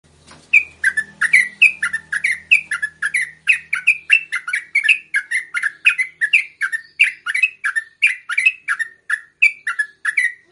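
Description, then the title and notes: Yellow-vented bulbul song: continuous volley of sharp, repeated chirps at a brisk, even rhythm, with a quiet low rumble at the start. Trucukan song in the tembakan and ropel delivery styles, a masteran used to tutor songbirds. "MASTERAN Trucukan Tembakan Dan Ropel. BURUNG TRUCUKAN"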